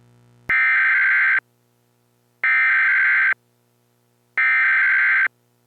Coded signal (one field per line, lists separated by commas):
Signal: Emergency Alert System (SAME) tones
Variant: header bursts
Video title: EAS Mock Scenario: North Africa